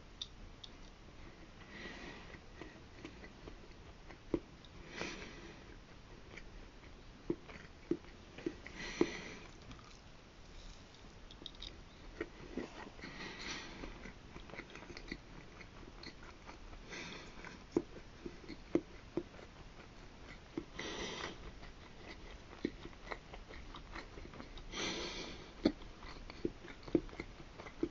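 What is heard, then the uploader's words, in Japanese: Someone eats a failed pancake, with soft wet chewing and occasional sharp clicks of biting. Louder breathy bursts, like sniffs or exhales, come about every four seconds over a faint steady hiss. 発酵あんこを練り込んで焼いたらボソボソになってしまったパンケーキ。失敗したパンケーキを供養する（食べる）際の音をお送りします。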